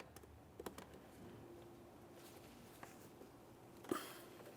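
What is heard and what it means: A plastic electrical connector is slid onto the mass airflow sensor of a 2001–2005 Ford Sport Trac XLT and clicks into place at 0.7 s, confirmed as seated. Small ticks come before and after the click, a sharper tap is heard near 2.8 s, and there is a louder knock near 3.9 s.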